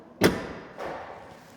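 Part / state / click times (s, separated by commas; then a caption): car trunk lid into its body latch / seated / 0.2 s. The power trunk lid of a 2018 BMW M550i xDrive 456HP super saloon, closed with its button, comes down onto its body latch. A single sharp thump-click at 0.2 s latches it shut, followed by a softer broadband sound near 0.8 s that fades out. The lid is seated and latched.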